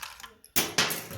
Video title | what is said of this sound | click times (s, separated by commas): How to change battery on ADT home security monitor | and it pops off so | 0.8 s